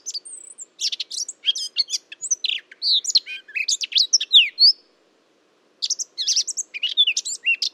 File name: Sylvia atricapilla